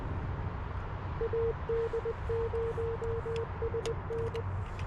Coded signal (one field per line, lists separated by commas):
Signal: Morse code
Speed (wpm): 19 wpm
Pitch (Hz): 460 Hz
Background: none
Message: AD0SN